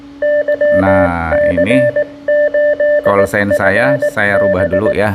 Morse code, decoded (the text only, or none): YC8FB